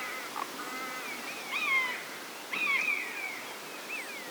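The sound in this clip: Buzzard mewing calls, thin and falling, repeated a few times at low volume over a steady hiss of background noise.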